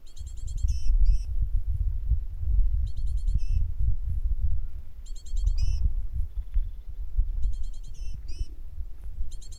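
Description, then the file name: Great tit calling: stacked high chattering notes followed by falling tones, repeated in groups every couple of seconds, against a deep rumbling background. "Parus major"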